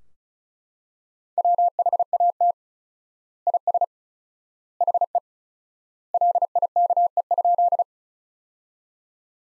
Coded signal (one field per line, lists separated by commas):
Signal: Morse code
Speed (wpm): 34 wpm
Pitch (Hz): 700 Hz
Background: none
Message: WHAT IS HE LIKE?